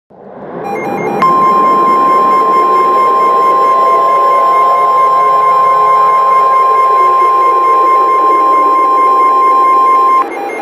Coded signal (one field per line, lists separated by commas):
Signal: Emergency Alert System (SAME) tones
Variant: 1050 Hz attention tone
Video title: PDS Severe Thunderstorm Warning Fresno CA EAS Mock